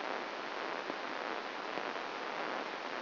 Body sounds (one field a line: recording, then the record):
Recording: brain microelectrode recording played as sound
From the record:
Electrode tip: outside the subthalamic nucleus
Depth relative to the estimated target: 4 mm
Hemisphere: left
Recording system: AlphaMap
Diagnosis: Parkinson's disease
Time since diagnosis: 15 years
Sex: female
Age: 68 years